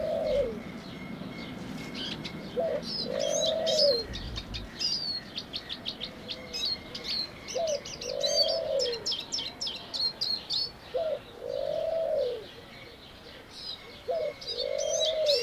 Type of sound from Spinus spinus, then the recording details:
call. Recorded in captivity. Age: adult. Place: Zoo Halle, Sachsen-Anhalt, DE. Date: 1987-04-11 10:34. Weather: fair, 7-10°C. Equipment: Nagra SN, Kopie Tesla B 116. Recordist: Tembrock, Günter